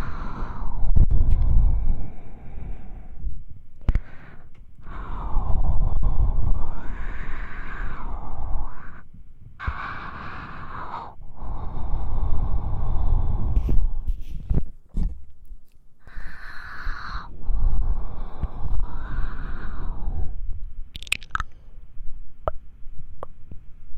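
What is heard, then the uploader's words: ASMR mouth sounds for ear cleaning: breathy, wet swishes come in bursts of a few seconds, each sliding up and down in pitch, separated by short silences. Sharp clicks and pops cut in, clustered around 14 to 15 seconds and again near 21 seconds. ASMR Mouth Sounds Ear Cleaning.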